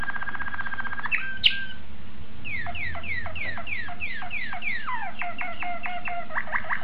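Domestic canary gives a brief rolling trill and a sharp chirp, then sings a run of repeated sweeping notes that speeds up into quicker notes.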